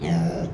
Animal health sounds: contact call of a hoofed animal; pig; closed-mouth grunt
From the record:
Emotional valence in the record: negative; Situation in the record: short social isolation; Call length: 0.53 s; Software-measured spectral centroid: 1750 Hz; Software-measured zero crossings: 840 a second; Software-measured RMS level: -24 dBFS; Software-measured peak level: -14 dBFS

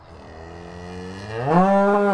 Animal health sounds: contact call of a hoofed animal; cattle; low-frequency (closed-mouth) or high-frequency (open-mouth) call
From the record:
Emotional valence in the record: negative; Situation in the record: separation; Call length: 2.2 s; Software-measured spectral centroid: 1120 Hz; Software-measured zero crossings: 1480 a second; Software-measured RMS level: -21 dBFS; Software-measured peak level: -4 dBFS

